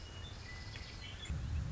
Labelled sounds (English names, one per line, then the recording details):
Western Meadowlark
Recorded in Sonoma County, California